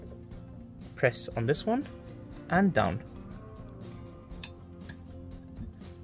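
On a Range Rover L322, the latch tab on the rear wiper blade is pressed and pushed down to release the blade from the wiper arm. Someone talks over faint background music, and a short, sharp click comes at 4.4 s as the latch opens and the blade is released.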